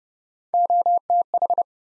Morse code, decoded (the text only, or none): OTH